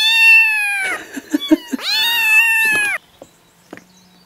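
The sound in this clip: Cat: kitten meowing, a long loud drawn-out cry, a few short squeaks, then a second long wail before sudden quiet with faint clicks.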